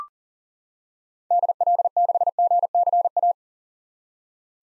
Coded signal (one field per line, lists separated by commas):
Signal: Morse code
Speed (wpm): 40 wpm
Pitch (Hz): 700 Hz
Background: none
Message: DL6GCA